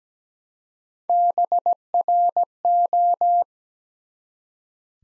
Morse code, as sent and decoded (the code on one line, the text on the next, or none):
-... .-. ---
BRO